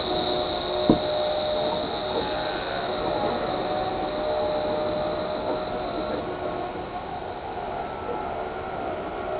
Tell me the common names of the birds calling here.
none